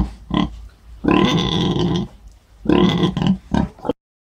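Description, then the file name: Wild boar or domestic pig letting out two drawn-out harsh squeals among short grunts, then silence. "Cinghiale Maiale (Sus scrofa)"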